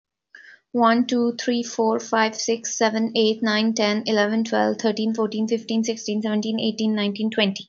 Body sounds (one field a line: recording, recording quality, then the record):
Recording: counting at a fast pace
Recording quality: excellent, no background noise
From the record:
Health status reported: healthy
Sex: female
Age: 30 years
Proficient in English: yes